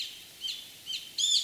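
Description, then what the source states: Brown-eared bulbul giving a few high, squeaky arched notes spaced apart, over a faint hiss. Recorded on Kamishima island, Mie Prefecture, Japan.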